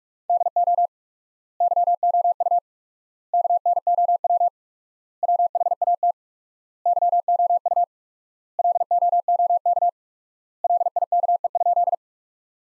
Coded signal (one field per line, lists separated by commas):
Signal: Morse code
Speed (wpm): 41 wpm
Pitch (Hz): 700 Hz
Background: none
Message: DO YOU KNOW WHAT YOU LOOK LIKE?